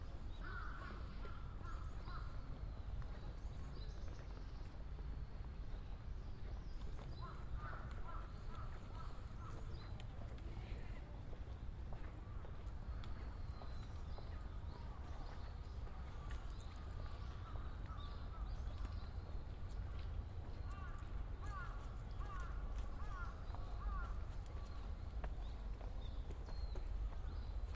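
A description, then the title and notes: An outdoor recording in Ueno Park, Tokyo, with a steady low rumble running throughout. Short chirping calls and brief voice-like sounds surface now and then, clustering around 1–3 seconds, 7–9 seconds and 20–24 seconds, along with scattered clicks and taps. A binaural field recording made in Ueno Park, Tokyo.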